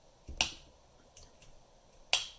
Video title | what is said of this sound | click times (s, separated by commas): Eotech G33 vs Holosun HM3X Magnifier | holosun does you hear that click when it drops into the | 0.4 s, 2.1 s